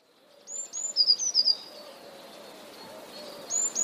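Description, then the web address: Eurasian blue tit singing: two or three thin, high whistled notes, then a quick trill, with another phrase starting at the end. "wroblowe teka spiew. wroblowe teka modraszkoteka"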